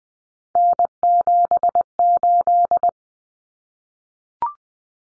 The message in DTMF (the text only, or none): none